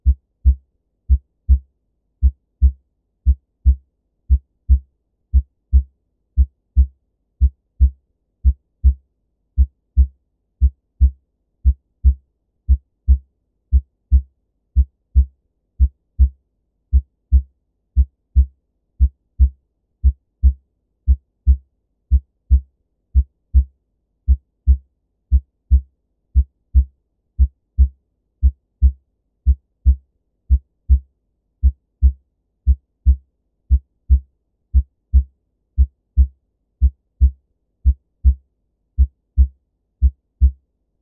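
A normal heartbeat repeats at a steady, even pace, about one and a half beats per second, for the whole recording. Each beat is a short, low, dull thump with silence between. Nothing else is heard in the background.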